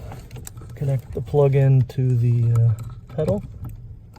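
A plastic harness plug is being handled at the accelerator pedal sensor connector during an install on a 2003–2010 Ford Super Duty F250/F350/F450, which takes a hard push to seat. Someone talks while small handling taps and rattles are heard around 0.1–0.5 s and again near 3.7 s and 4.2 s. Nothing has seated or clicked yet by the end of the clip.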